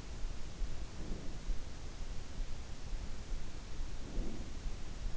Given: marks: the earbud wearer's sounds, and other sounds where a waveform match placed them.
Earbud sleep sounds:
sounds in sleep by an in-ear microphone; breath
0.64-1.43 s: breath
3.15-4.43 s: breath

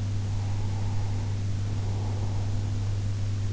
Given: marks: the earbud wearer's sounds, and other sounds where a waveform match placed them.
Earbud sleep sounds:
sounds in sleep by an in-ear microphone; breath
0.19-3.17 s: breath

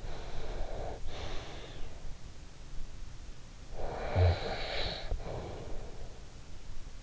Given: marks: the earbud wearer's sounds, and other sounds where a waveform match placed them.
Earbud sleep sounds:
sounds in sleep by an in-ear microphone; breath, snoring breath
0.00-1.95 s: breath
3.67-6.24 s: snoring breath

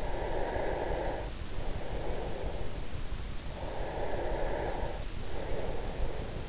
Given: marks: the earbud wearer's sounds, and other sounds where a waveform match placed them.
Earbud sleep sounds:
sounds in sleep by an in-ear microphone; breath
0.05-2.86 s: breath
3.38-6.49 s: breath

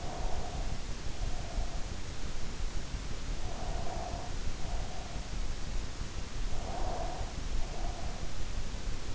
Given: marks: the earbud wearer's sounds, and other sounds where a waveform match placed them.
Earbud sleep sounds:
sounds in sleep by an in-ear microphone; breath
0.00-1.91 s: breath
3.24-5.49 s: breath
6.56-8.47 s: breath

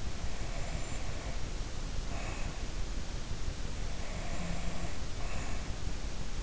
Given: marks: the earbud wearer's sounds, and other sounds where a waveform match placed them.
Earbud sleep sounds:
sounds in sleep by an in-ear microphone; breath
0.05-2.77 s: breath
3.82-5.72 s: breath

